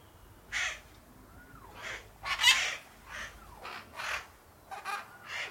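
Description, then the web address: Parakeet calls: scratchy, grating squawks spaced about half a second to a second apart, with faint whistled notes in the background. Several parakeets, described as calm. "the sound pack tree. calm parakeets"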